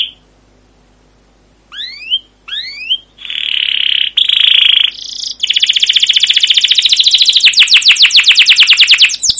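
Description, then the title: Canary song beginning with two brief bursts of upslurred chirps, then a buzzy sustained trill and a long, rapid rattling trill of repeated notes. Canary song used as a lure (pancingan) to train other canaries; long gacor song with cuit cuit chirps and ngerol rolling trills. "CUIT CUIT NGEROL LANGSUNG GACOR PANJANG Kenari Pancingan KENAR. Masteran Suara Burung Kenari Gacor Panjang cuit cuit Ngerol untuk Pancingan Kenari!"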